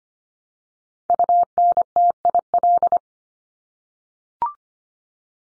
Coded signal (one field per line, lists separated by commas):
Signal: Morse code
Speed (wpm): 25 wpm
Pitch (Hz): 700 Hz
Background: none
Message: UNTIL